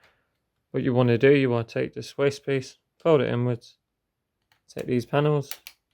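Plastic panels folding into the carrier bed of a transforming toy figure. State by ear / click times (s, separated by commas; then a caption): not seated / none. Someone talks while handling a Transformers Studio Series 86 Commander Class Ultra Magnus figure in car-carrier mode, folding the waist piece inwards and reaching for the plastic panels that fold over to complete the carrier bed. Only speech and a faint soft tap around 4.5 s are heard. Nothing has seated or clicked into place yet.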